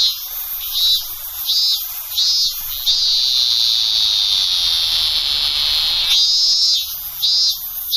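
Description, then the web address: Robust cicada giving rapid repeated buzzing pulses, then a long unbroken high drone for about three seconds, followed by more pulses. "sikioto insect minminzemi"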